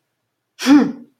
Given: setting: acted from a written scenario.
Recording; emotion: vocal sound without words; anger